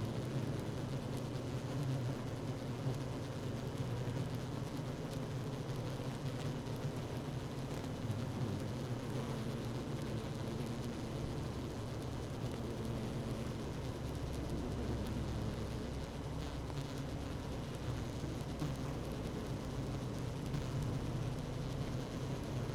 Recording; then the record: honeybee colony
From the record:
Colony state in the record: active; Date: 12 June 2018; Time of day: 16:16